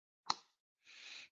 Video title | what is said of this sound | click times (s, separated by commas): Week 20: Get Clean, Sharp, Embroidery Results | Hear that click. | 0.3 s